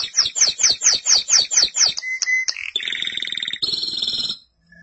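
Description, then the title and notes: Canary song with a series of repeated descending sweeping notes, a couple of short whistles, then buzzy rolling trills before ending abruptly. "BM Suara Kenari. BM Suara Burung Kenari"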